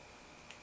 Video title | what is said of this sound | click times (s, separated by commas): How To Replace Brakes And Rotors On A Chevy Impala | snaps right in all right now | 0.5 s